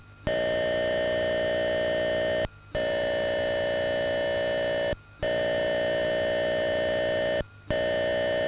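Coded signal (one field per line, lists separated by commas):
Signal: computer data on cassette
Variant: Atari 8-bit cassette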